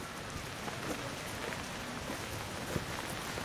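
Steady rain falls with a dense, even hiss and scattered soft patters of drops, continuous throughout with no voices.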